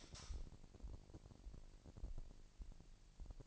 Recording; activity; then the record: daily activity, microphone in the room; light on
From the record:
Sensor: 5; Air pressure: 1002.0 hPa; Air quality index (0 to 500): 227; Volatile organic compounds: 30 ppm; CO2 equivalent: 2961 ppm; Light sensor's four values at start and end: 15/35/14/16 and 15/37/15/16